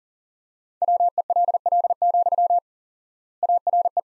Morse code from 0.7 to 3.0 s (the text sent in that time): WELL,